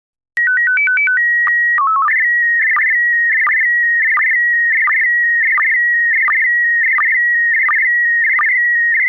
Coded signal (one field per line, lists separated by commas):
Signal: SSTV (slow-scan television)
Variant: PD 90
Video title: Slow Scan Radio, August 22, 2018, Ep. 5